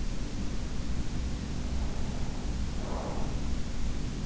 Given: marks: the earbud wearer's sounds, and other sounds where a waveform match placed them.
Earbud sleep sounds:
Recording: sounds in sleep by an in-ear microphone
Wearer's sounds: breath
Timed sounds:
1.60-3.62 s: breath

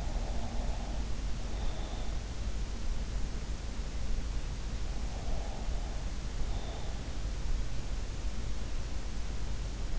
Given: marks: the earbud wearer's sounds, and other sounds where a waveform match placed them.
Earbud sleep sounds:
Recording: sounds in sleep by an in-ear microphone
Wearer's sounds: breath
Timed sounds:
0.00-2.39 s: breath
5.10-7.12 s: breath

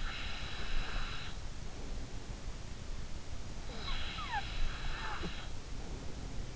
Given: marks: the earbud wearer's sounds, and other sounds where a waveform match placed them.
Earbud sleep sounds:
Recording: sounds in sleep by an in-ear microphone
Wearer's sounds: breath, snoring breath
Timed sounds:
0.00-2.47 s: breath
3.65-6.51 s: snoring breath

